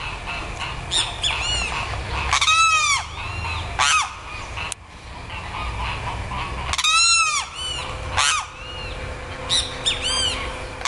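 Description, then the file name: Limpkin uttering repeated harsh, ringing wailing cries and shorter clipped notes, several calls in quick succession, with a faint steady tone in the background later on. "canto do carao"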